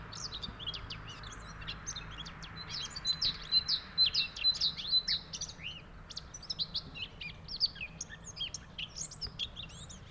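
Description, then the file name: Eurasian blackcap song, a fast, rich warble of high, varied chirps and short whistled notes that swell in the middle and continue throughout, over a low steady background hum. "Kapturka"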